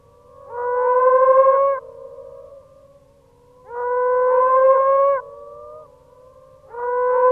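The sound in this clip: Moaning frog giving drawn-out, mournful tonal moans lasting over a second each, spaced about three seconds apart, with faint trailing tones between them.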